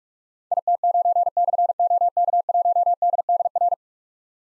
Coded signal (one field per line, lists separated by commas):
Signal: Morse code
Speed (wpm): 44 wpm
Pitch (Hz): 700 Hz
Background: none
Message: IT9/OK1DDR